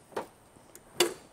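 A removable plastic unit, the coffee bean holder (likely the brew unit), is pulled out of a Miele CM 6350 or CM5300 automatic coffee maker. A soft knock at 0.2 s and a faint tick at 0.8 s lead to a sharp hit at 1.0 s as the unit comes free and is released.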